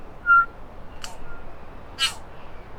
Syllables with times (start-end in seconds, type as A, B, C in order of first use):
0.23-0.45 A, 1.00-1.16 B, 1.96-2.19 C